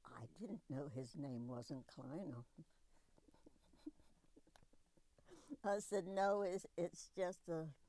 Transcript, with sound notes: I didn't know his name was Kleine!" [Laughs] I said, "No, it's just a